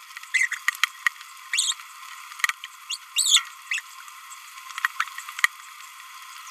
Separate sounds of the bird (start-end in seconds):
0.34-0.47, 0.52-0.57, 1.53-1.73, 2.90-2.96, 3.17-3.47, 3.71-3.79, 5.00-5.04